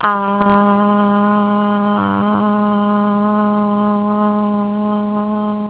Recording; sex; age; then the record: sustained vowel /a/ by telephone; female; 50 to 59 years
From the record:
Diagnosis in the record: healthy control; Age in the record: 52 years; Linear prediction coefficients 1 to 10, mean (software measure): 1.79, -1.00, -0.11, 0.03, 0.55, -0.36, -0.04, 0.10, 0.00, -0.07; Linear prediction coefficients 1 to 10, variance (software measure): 0.030, 0.097, 0.057, 0.043, 0.093, 0.117, 0.035, 0.027, 0.017, 0.004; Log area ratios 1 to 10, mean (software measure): -3.03, 1.92, -0.98, -0.44, 0.14, 0.64, -0.02, 0.11, 0.25, 0.14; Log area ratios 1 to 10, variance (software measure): 0.212, 0.069, 0.183, 0.034, 0.057, 0.062, 0.105, 0.020, 0.026, 0.017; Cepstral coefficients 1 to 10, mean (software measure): 1.79, 0.61, 0.01, -0.30, 0.10, 0.16, 0.14, 0.13, 0.02, -0.04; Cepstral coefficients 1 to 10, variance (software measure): 0.030, 0.034, 0.021, 0.020, 0.013, 0.005, 0.002, 0.002, 0.003, 0.001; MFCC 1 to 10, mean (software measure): -3.99, 1.94, -0.54, -0.37, 1.06, 0.38, -0.23, 0.16, 0.19, 0.09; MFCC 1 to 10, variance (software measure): 0.615, 0.065, 0.114, 0.056, 0.053, 0.058, 0.028, 0.034, 0.029, 0.037